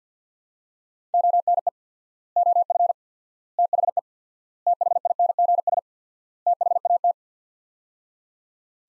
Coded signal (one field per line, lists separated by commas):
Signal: Morse code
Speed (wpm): 50 wpm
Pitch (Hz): 700 Hz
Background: none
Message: ONE OF THE THINGS THAT